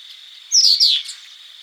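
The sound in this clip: Burmese yuhina call: a quick pair of high, thin chirps sliding downward, over a steady high-pitched background tone.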